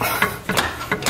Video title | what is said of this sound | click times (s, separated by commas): Fixing Broken Axle and Lower Control Arms - Honda Accord | yeah you got it it's in yeah I heard it incre I think I heard it click into | 0.2 s